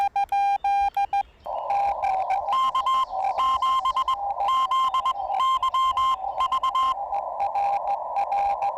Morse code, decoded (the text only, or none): K7ZYV